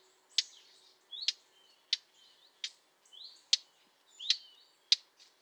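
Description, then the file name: Eurasian blackcap giving hard, clicking tack calls, several sharp notes in a fairly even series, with softer rising notes between them. "Sylvia atricapilla"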